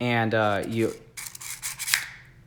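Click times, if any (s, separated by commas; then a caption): 1.9 s. Someone talks, then a spring-loaded retractable blade is pushed back into the wrist-mounted hidden blade housing of a replica gauntlet with a rasping, sliding rub. A sharp click at 1.9 s marks the blade seating home at the bottom of its travel.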